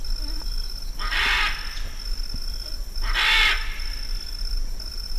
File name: canto del guacamayo militar